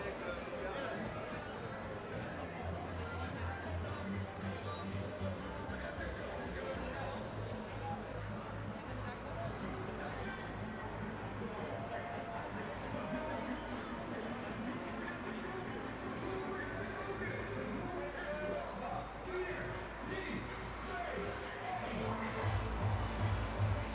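A crowd gathers at a traditional goose riding ceremony, steady overlapping chatter, a low engine-like hum beneath, brief higher calls near the end.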